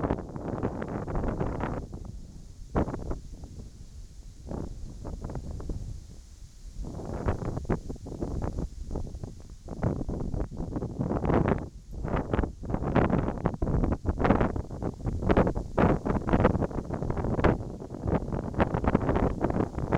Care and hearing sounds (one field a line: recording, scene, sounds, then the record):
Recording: everyday scene through a hearing-aid microphone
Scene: wind on the microphone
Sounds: wind, whistling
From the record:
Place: in front of a rural house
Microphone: in the ear canal, right